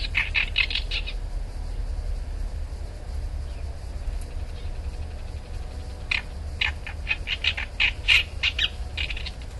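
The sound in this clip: Bull-headed shrike giving harsh, rapid chattering notes in a burst at the start, then a longer stuttering series later, over steady low rumbling background noise.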